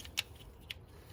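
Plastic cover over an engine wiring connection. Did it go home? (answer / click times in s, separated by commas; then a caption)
no / none. A plastic protective cover is handled and pressed toward a wiring connection on a Toyota/Lexus 2UZ-FE 4.7-liter V8 engine during timing belt replacement. Two brief, sharp plastic ticks at about 0.2 and 0.7 seconds stand out over a low steady hum. Nothing has seated or clicked into place yet.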